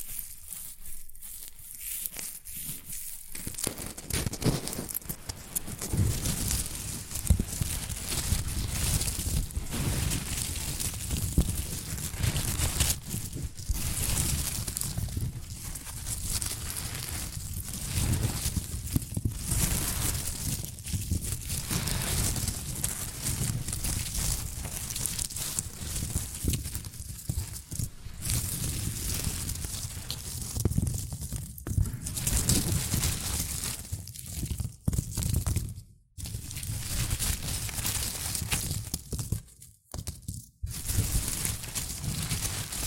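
Shredded tissue and packing peanuts are handled in a steady, dense stream of rustling and crinkling that runs almost without pause. The texture shifts with the handling, growing fuller after about five seconds, with brief near-silent gaps around 36 and 40 seconds.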